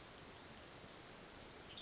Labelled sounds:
Western Tanager
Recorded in Sonoma County, California

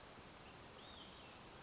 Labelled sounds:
Olive-sided Flycatcher
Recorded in Sonoma County, California

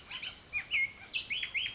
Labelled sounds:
Bullock's Oriole
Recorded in Sonoma County, California

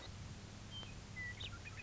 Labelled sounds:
Western Meadowlark
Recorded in Sonoma County, California

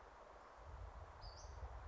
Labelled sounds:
Western Flycatcher
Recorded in Sonoma County, California

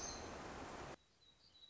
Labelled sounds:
Black-throated Gray Warbler
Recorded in Sonoma County, California

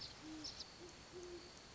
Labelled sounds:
Great Horned Owl
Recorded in Sonoma County, California

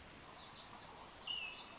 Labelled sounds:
Pacific Wren
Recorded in Sonoma County, California

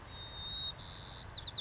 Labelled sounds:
White-crowned Sparrow
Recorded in Sonoma County, California

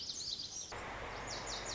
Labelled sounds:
Lazuli Bunting
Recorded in Sonoma County, California

